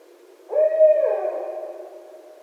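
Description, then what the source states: Barred owl giving a single hooting note with a slightly rising start, held then sliding downward and trailing off. Recorded 2011-12-01.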